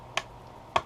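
A plastic screen bezel on a Dell Latitude E6440 laptop is pressed by hand onto the edge of the display lid, working around the edge. Two sharp, firm clicks at 0.2 s and 0.8 s mark its clips snapping into place, and the bezel is seated.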